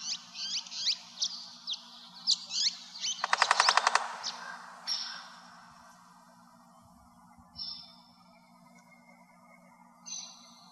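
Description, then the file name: American three-toed woodpecker drumming in a short, rapid burst of about a dozen strikes under a second long, with chirping songbirds before and whistled notes after, over a low steady hum. "TTWO Drum Coons"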